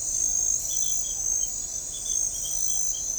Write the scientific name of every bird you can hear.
none